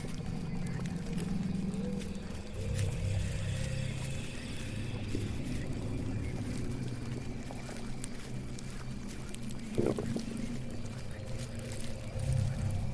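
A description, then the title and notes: A swamp house ambience: a steady low rumble and murmur fills the whole stretch, with faint hums drifting through. Small clicks and creaks scatter across it, and a sharper knock stands out near ten seconds. Witch's swamp house ambience.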